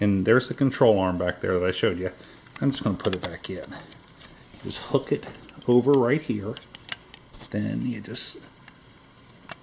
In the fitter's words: bring it forward and it clicks right into place okay and show you this